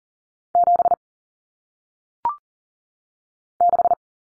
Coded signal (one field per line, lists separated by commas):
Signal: Morse code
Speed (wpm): 40 wpm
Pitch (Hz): 700 Hz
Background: none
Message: 7 6